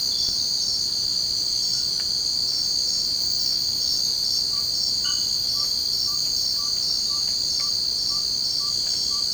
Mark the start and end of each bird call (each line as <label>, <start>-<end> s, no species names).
bird call, 4.45-9.33 s